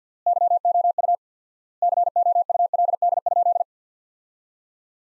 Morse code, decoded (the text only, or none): YOU COULD?